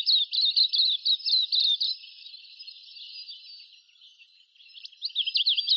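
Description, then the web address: Silvereye calls: quick, thin, high chirps and twitters in rapid bursts, fading into a long quiet gap, then resuming near the end as a brisk chatter of sliding notes. Recorded in a garden in Canberra. "canberra-garden-birds silvereye"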